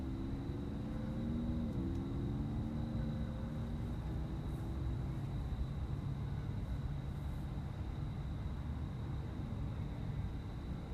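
Cars rumble steadily throughout, with an engine's rising and falling whine in the first four seconds as a vehicle passes. A constant high cricket trill sits above the traffic, and a few faint, brief high ticks come near the middle.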